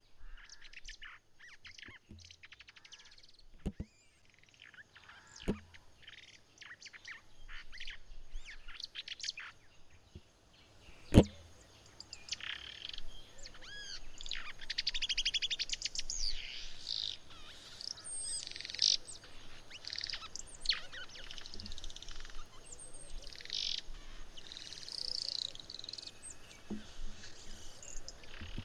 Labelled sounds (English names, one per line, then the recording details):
White-browed Sparrow-Weaver
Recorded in northern Uganda